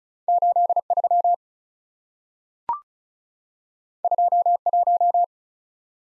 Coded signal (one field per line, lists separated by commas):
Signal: Morse code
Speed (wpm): 36 wpm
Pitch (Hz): 700 Hz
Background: none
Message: 8 3 2 1